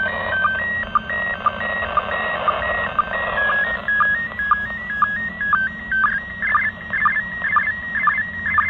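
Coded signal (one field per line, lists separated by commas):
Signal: SSTV (slow-scan television)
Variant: PD120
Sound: warbling tone stepping between pitches with short regular low blips, over hiss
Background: radio static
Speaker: so you can see here how it actually decoded a picture no cables no nothing it decoded the mode it actually detected the mode pd-120 by itself and even if it's not perfect kind of a neat picture still received from the international space station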